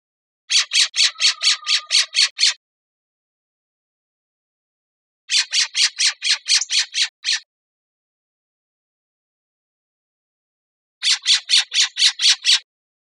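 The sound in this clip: Western scrub-jay calling in three fast rattling series of eight to ten harsh, grating notes, with gaps of several seconds between series and a quiet background.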